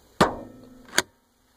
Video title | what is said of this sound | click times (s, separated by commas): How to pop your hood , car 101 | how you know it's popped now | 0.2 s, 1.0 s